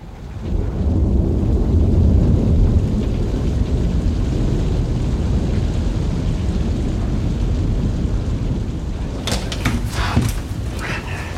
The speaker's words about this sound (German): Aber beeilen Sie sich. Gleich gibt's ein Gewitter.